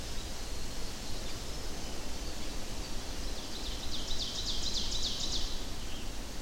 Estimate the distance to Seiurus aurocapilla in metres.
about 100 m